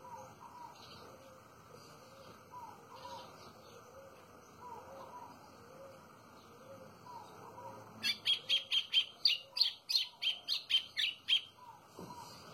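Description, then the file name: White-throated seedeater song: a quick burst of over a dozen sharp, high chirping notes near the end. Faint lower whistled calls of other birds are heard throughout. "canto do golinho"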